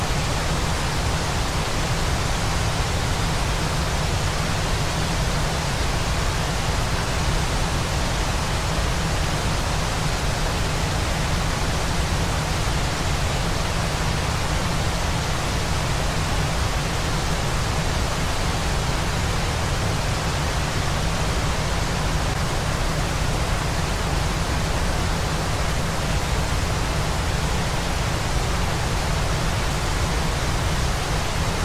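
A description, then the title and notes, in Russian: A waterfall roars in an unbroken, dense hiss from start to finish, with a heavy low rumble beneath and no separate events standing out. Шум и звуки водопада.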